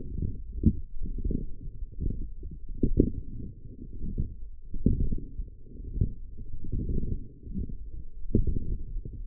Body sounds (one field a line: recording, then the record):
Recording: forearm muscle sounds (acoustic myography)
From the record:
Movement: forearm pronation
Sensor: system 1, eight BSWA MPA416 microphones around the upper forearm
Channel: 8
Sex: female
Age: 20 years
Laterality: right